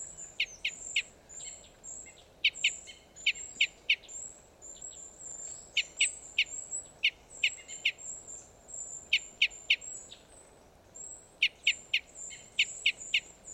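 Red crossbill calling with clipped, repeated kip notes in quick clusters of two to four, over a faint continuous high whine and low ambient noise.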